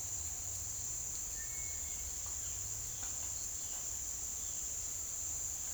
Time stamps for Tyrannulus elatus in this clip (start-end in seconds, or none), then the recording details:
none. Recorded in secondary vegetation near Puerto Asís, Putumayo, Colombia, on 24 June 2025. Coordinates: 0.488, -76.319. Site G094